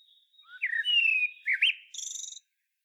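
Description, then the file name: Common blackbird song: a rising note, a long falling flute-like whistle, a looped warble, then a buzzy high twitter. "Turdus merula"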